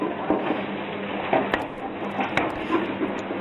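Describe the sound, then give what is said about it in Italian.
Two sharp, heavy chopping thuds of a cleaver decapitating geese strike through, about a second apart, over a steady bed of clattering kitchen and crowd noise, as geese are plucked and prepared for the roast goose festival (sagra dell'oca) in Rapagnano. “E ci sono le oche che stanno spennando, questo è il colpo della mannaia che le decapita”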